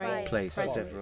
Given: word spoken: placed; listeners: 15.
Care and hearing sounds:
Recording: one English word in noise, from a listening test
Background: four-talker babble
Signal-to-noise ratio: -1.1 dB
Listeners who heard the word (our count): 0 of 15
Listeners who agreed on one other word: 15 of 15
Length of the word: 0.62 s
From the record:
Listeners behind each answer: 15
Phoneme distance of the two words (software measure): 7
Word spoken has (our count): 1 syllable, 5 phonemes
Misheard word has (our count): 1 syllable, 4 phonemes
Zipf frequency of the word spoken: 4.40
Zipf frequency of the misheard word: 5.78

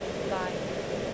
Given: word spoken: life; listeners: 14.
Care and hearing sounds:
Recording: one English word in noise, from a listening test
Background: speech-shaped noise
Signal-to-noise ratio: -6.0 dB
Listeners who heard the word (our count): 0 of 14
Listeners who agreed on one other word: 6 of 14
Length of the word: 0.74 s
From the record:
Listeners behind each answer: 6, 3, 2, 1, 1, 1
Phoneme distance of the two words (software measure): 20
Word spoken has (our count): 1 syllable, 3 phonemes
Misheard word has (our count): 1 syllable, 3 phonemes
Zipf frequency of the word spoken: 5.81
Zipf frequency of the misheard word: 4.66

